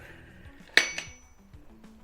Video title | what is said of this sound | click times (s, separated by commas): The Best Lightweight Roof Top Tent for Overlanding! | and it should lock into place. | 0.8 s